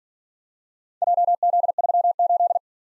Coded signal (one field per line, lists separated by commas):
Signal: Morse code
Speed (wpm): 47 wpm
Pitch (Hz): 700 Hz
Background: none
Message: JZ38